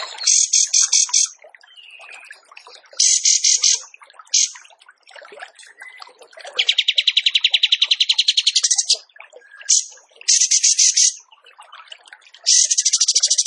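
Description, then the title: Zebra finch song: bursts of buzzy, nasal notes, some in fast rattling runs and one longer buzzing phrase, separated by short quiet gaps with faint chatter. Masteran training recording for cage birds, a gacor singer in vigorous, constant song. "Masteran Burung Tembakan Gacor"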